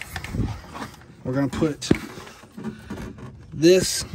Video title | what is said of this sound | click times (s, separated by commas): Chevrolet Sonic 1.8L Radiator Cooling Fan Removal & Replacement (2012-2017) | to get it to seat then when you bring it back you just snap that in and then we're | 0.0 s, 0.2 s